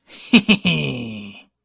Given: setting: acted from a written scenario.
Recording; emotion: vocal sound without words; elation